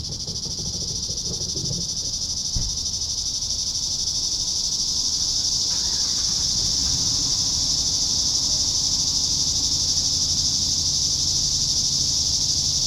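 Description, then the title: Cicadas drone in a dense, even, high buzz that swells slightly early on and then holds constant, with a brief knock and low rumble underneath. "neoscenes: cicadas"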